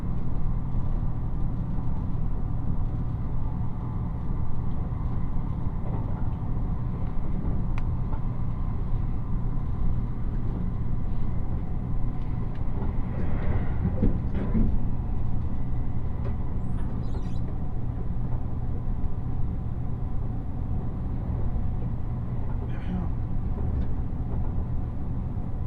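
Inside a Nishi-Kyushu Shinkansen train running from Nagasaki toward Saga, a steady low rumble and hum fills the whole recording at an even level. Faint voices surface briefly around the middle, and a few light clicks and squeaks come and go.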